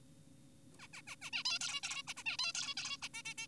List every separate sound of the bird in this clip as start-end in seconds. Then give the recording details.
0.80-0.87, 0.94-1.02, 1.07-1.16, 1.22-1.30, 1.33-1.44, 1.45-1.59, 1.61-1.81, 1.83-2.03, 2.08-2.14, 2.17-2.24, 2.26-2.37, 2.39-2.52, 2.55-2.75, 2.77-2.97, 3.02-3.09, 3.14-3.22, 3.26-3.34, 3.38-3.47. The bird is an adult. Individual g4p5U